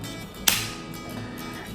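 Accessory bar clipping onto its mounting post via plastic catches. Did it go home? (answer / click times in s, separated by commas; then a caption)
yes / 0.5 s. A bar accessory is brought in so its thin transparent plastic catches snap around a black protruding mount. A single sharp click sounds at 0.5 s over a quiet, steady background, with a brief fading ring after it. The accessory bar is seated and firmly secured on the mount.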